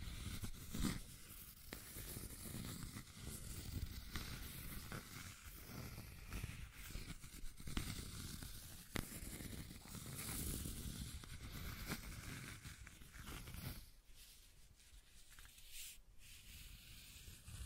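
Scratching and tracing sounds rub on continuously, a dense, gritty scraping with a steady hiss over a low rumble. Sharp clicks and brief strokes stand out around 1, 9 and 10 seconds. Near 14 seconds the low part drops away, leaving thinner, brighter scratching.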